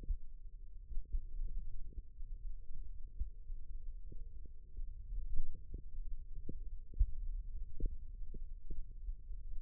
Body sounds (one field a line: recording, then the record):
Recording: forearm muscle sounds (acoustic myography)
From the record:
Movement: finger pinch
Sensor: system 1, eight BSWA MPA416 microphones around the upper forearm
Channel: 6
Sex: female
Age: 21 years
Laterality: right